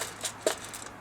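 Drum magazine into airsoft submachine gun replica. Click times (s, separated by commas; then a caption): 0.5 s. A drum magazine is inserted into an airsoft submachine gun replica and locks in place, with a single sharp click at 0.5 s between fainter taps around 0.25 s and 0.75 s. A switch is flipped just before, so the click could come from the switch rather than the magazine latching.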